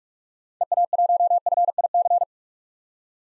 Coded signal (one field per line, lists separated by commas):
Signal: Morse code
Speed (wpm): 46 wpm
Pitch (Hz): 700 Hz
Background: none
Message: EA1FIC